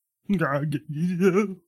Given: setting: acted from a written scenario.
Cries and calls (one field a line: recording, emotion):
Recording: vocal sound without words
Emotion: fear